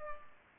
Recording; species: mosquito wingbeat signal from an infrared sensor; Culex pipiens